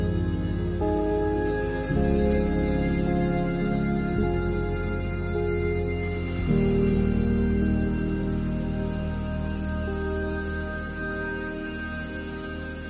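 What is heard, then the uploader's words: Binaural beats: a dense, sustained drone of steady low tones with a faint bright shimmer above. Chord-like shifts in pitch arrive at about two, four and six and a half seconds, each followed by a long held stretch at even loudness. BINAURAL BEATS.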